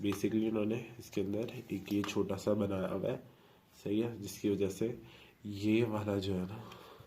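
Someone talks while handling the folding arm of a DJI OM 4 smartphone gimbal, pressing it toward its lock recess, which has a small catch built inside. Only speech is heard over faint handling, and nothing has seated or clicked yet.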